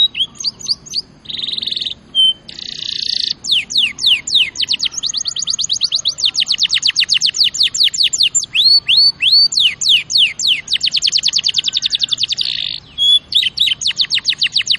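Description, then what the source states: Canary song with buzzy rolls, then long runs of fast repeated chips and slurred notes, a short whistle near the end. Champion canary song used as a master recording for training other birds.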